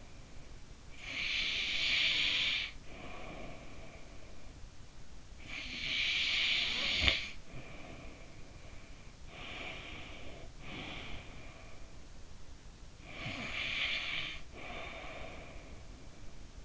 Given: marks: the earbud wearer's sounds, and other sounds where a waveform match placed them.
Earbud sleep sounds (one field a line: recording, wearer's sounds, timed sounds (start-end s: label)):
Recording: sounds in sleep by an in-ear microphone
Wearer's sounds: breath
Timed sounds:
0.38-3.98 s: breath
4.78-12.27 s: breath
12.67-16.27 s: breath